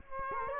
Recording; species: mosquito wingbeat signal from an infrared sensor; Culex quinquefasciatus